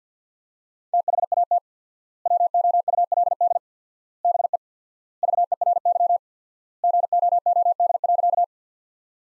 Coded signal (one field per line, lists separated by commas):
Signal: Morse code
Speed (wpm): 50 wpm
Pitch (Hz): 700 Hz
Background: none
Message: THAT WOULD BE VERY GOOD.